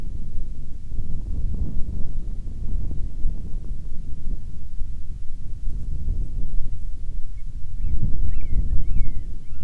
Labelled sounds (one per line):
bird
wind